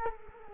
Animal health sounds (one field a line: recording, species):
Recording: mosquito wingbeat signal from an infrared sensor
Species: Culex quinquefasciatus